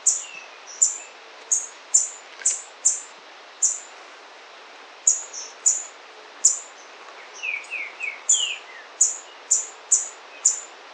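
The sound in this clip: White-browed foliage-gleaner calls: very high, sharp downslurred notes repeated in quick series with a few longer pauses, and a brief series of lower, falling chirps late.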